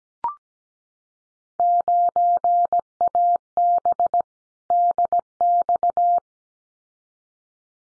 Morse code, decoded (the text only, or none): 9AB DX